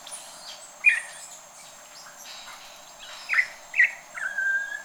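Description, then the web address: Campo troupial calls: a few sharp whistled notes, then a drawn-out level whistle at the end, with soft high chirping in the background. "sound Campo-Troupial. صدای-پرنده-پری-نارنجی-کامپو"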